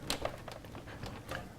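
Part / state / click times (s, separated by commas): power cable connector into motherboard header / seated / 0.1 s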